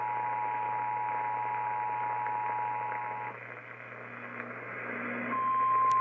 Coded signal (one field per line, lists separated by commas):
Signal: Emergency Alert System (SAME) tones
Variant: 853 and 960 Hz attention tone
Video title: New Acquisitions with New Surprises... | EAS #201-206 (EAS Alerts from 4/22/2023)